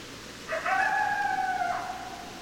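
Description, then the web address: Coyote howl, a long level wavering wail of about one second after a brief rising onset, with steady hiss behind. Recorded 10 December 2012. "sounds mammals Coyote 2012 12 10 Coyotes"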